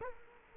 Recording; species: mosquito wingbeat signal from an infrared sensor; Culex quinquefasciatus